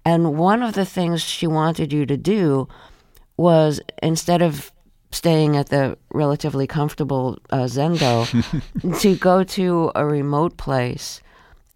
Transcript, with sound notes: And one of the things she wanted you to do was, instead of staying at the relatively comfortable Zendo...
(Laughter).
...To go to a remote place